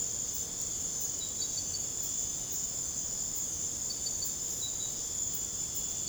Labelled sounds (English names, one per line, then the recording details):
none
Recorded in secondary vegetation near Puerto Asís, Putumayo, Colombia, on 26 December 2024 at 00:00
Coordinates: 0.489, -76.322
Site G059